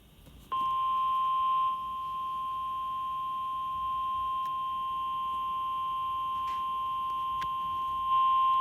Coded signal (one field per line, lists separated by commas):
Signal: Emergency Alert System (SAME) tones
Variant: 1050 Hz attention tone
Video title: EAS Severe Thunderstorm Warning Berks,PA EAS#38